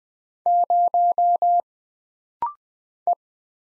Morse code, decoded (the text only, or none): 0 E